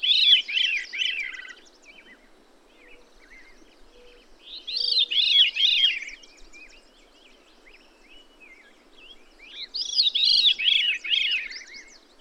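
Bird song in three bursts about every five seconds, each a quick run of arched, slurred notes, with soft chirps between.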